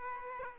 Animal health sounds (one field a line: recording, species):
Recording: mosquito wingbeat signal from an infrared sensor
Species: Aedes aegypti